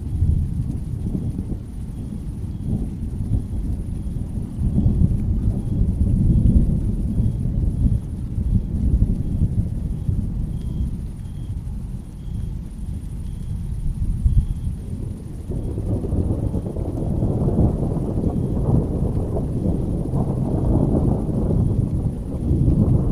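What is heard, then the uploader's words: A dense, steady roar of rain and storm fills the scene, weighted heavily toward a deep rumble with gusty wind buffeting the microphone. Around the midpoint the wash grows brighter and fuller, and the downpour carries on unbroken to the end. Rain and Thunderstorm Sounds.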